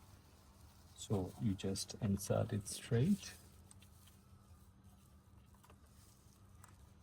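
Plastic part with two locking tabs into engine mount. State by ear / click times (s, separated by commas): seated / 3.7 s, 6.6 s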